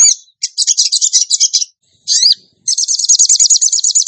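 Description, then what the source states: Bird song of fast, high chattering trills, broken by a single swooping upslurred note, then a long steady rattling trill. Masteran training recording for birds, featuring song in the gacor tembakan style.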